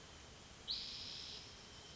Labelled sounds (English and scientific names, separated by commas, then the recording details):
Spotted Towhee (Pipilo maculatus)
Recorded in Sonoma County, California